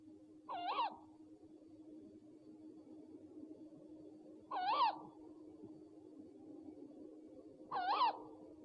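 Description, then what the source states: Owl calls, three hoarse notes with rich overtones, spaced about three to four seconds apart over a faint steady hum. One of 69 call variants from 11 owl species.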